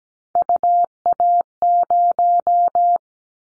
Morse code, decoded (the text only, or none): UA0